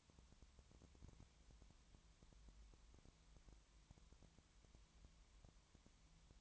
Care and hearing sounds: daily activity, microphone in the room; no activity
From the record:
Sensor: 3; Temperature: 20.5 degrees Celsius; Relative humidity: 33.0%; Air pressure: 1003.2 hPa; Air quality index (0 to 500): 105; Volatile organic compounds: 2 ppm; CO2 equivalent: 1068 ppm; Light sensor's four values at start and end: 2/3/2/2 and 2/3/2/2

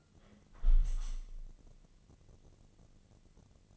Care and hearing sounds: daily activity, microphone in the room; close window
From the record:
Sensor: 4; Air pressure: 1013.2 hPa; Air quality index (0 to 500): 173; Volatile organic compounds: 2 ppm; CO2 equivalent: 1091 ppm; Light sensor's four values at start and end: 69/171/71/74 and 77/191/80/81

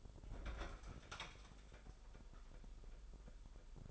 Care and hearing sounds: daily activity, microphone in the room; open fridge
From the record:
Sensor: 5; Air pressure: 988.5 hPa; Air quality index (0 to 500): 220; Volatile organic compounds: 130 ppm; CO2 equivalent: 3926 ppm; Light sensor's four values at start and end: 41/126/49/52 and 42/125/49/53

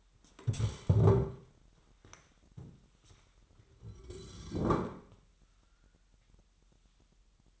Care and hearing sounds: daily activity, microphone in the room; stand up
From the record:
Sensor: 3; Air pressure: 998.5 hPa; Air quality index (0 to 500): 127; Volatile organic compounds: 3 ppm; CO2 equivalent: 1519 ppm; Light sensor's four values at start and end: 8/20/8/9 and 10/22/10/11

